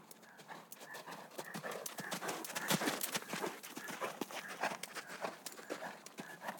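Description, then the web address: Horse hooves galloping in a fast, uneven drumming of soft thuds and crunches, with scattered sharper knocks throughout. Horses galloping outdoors on sand. "G 4 F SFX - Horses G 4 F SFX 06-HORSES"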